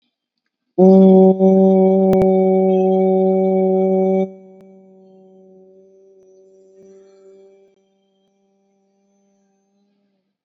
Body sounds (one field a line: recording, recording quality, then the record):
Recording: sustained vowel as in boot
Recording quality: excellent, no background noise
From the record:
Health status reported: COVID-19 positive, no symptoms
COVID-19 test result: positive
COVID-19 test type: RT-PCR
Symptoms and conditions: sore throat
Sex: male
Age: 18 years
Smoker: no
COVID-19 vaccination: one dose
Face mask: worn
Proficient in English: no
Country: India